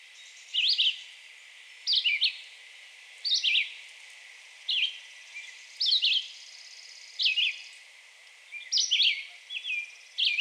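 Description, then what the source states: Red-eyed Vireo singing short, slurred whistled phrases, repeated with brief silences between. Recorded 2 June 2020.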